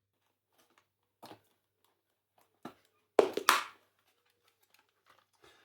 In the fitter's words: bend the plastic around and click the other side in.